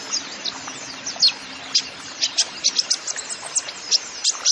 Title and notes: MASTERAN KOLIBRI NINJA FULL ISIAN DAN TEMBAKAN. Suara Burung Kolibri Ninja Gacor